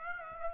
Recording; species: mosquito wingbeat signal from an infrared sensor; Aedes aegypti